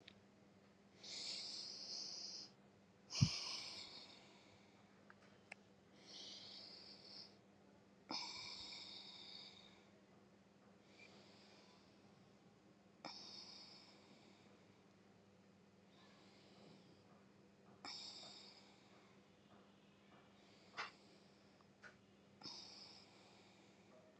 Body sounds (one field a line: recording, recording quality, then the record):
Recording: deep breathing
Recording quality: excellent, no background noise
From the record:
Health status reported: COVID-19 positive, mild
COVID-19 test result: positive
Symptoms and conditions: fatigue, muscle pain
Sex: female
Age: 25 years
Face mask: not worn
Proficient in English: yes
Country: India